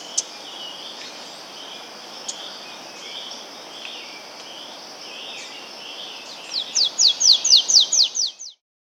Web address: Natures Songs S America Andean Birds. Golden-Bellied Warbler (Basileuterus Chrysogaster)